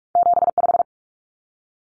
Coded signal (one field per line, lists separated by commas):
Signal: Morse code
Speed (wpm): 44 wpm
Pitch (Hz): 700 Hz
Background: none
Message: 75